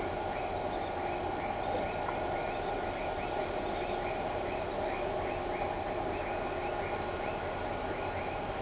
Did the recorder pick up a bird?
no